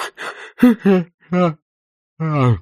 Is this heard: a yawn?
yes